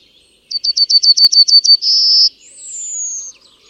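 Bird song: a quick series of sharp, evenly spaced chirps, then a steady buzzy note, then a thin high whistle sliding slowly downward; otherwise quiet.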